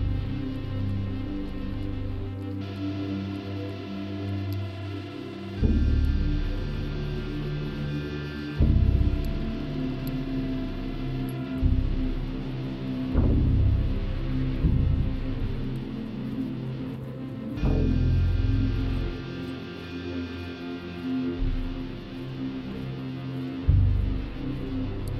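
Synthesizer and processed guitar-like tones form a dense, sustained wash of stacked notes that shifts every few seconds, with a deep low rumble underneath. Thumping low hits land irregularly around 6, 9, 13 and 17 seconds, and a faint high buzz runs throughout.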